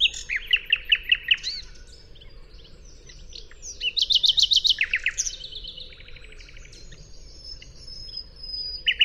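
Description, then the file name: Common nightingale singing varied phrases: a run of rapid repeated whistled notes, then bursts of buzzy, rattling trills and sharp chirps, with pauses between phrases. "Luscinia megarhynchos"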